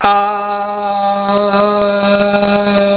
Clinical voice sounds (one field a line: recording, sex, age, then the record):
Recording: sustained vowel /a/ by telephone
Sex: male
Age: 60 to 69 years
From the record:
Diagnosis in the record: Parkinson's disease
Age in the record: 66 years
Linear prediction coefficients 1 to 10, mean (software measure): 1.20, -0.24, -0.52, 0.26, -0.21, 0.39, -0.29, -0.28, 0.39, -0.09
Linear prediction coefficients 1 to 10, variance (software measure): 0.036, 0.121, 0.108, 0.102, 0.047, 0.044, 0.065, 0.050, 0.032, 0.010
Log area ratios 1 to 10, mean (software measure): -2.19, 1.47, 0.65, -0.27, 0.32, 0.14, 0.43, -0.14, -0.60, 0.18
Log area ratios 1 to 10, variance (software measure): 0.054, 0.543, 0.231, 0.187, 0.081, 0.142, 0.098, 0.087, 0.114, 0.041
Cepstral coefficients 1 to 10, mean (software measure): 1.20, 0.50, -0.24, -0.15, -0.38, 0.16, -0.03, -0.20, 0.00, 0.02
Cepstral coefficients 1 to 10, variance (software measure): 0.036, 0.052, 0.026, 0.064, 0.009, 0.013, 0.008, 0.016, 0.010, 0.005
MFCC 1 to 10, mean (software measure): -3.09, 1.25, -0.45, -0.58, 0.06, -0.26, -0.26, 0.70, 0.36, -0.22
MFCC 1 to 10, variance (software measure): 0.686, 0.059, 0.257, 0.213, 0.097, 0.202, 0.213, 0.146, 0.203, 0.206